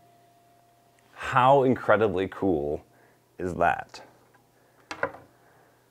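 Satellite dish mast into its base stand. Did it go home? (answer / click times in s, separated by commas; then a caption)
yes / 4.9 s. A Starlink satellite dish's mast is pushed into its base stand, which has no height adjustment. Someone talks first, then a sharp click sounds at 4.9 s as the mast snaps into place in the stand.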